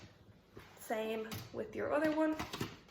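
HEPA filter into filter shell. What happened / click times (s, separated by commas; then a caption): The filter is being handled but has not seated yet / none. A second HEPA filter is handled and slid toward its filter shell while someone talks, with quiet handling noise underneath. Nothing has seated or clicked yet.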